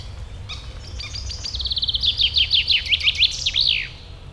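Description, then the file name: Common chaffinch singing one full phrase: faint opening notes, a rattling trill falling in pitch, then louder, rolling notes closing with a sweeping end flourish. "Fringilla coelebs"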